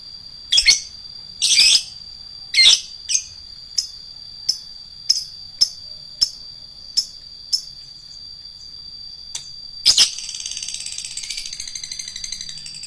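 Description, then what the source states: Lovebird calls: a few harsh screeches, then a run of short sharp ticks, ending in a harsh screech and a rough, buzzy hiss. Adult lovebird, described as a fighter lovebird.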